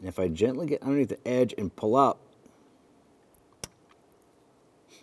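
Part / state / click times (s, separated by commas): red lock tab on fuel injector harness connector / released / 3.6 s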